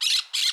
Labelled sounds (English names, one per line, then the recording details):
Brown-throated Parakeet contact call
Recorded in Curacao
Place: Hoffi Jan Thiel
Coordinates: 12.094, -68.877